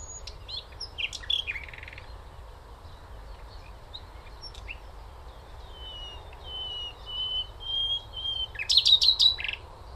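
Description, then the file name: Common nightingale song: rattling phrases, then a run of drawn-out whistles that build, finishing in a loud rapid trill, over low hum. "Luscinia megarhynchos"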